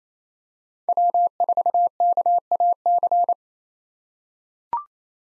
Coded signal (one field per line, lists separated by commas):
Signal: Morse code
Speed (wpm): 28 wpm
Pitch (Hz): 700 Hz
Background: none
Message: W4KAC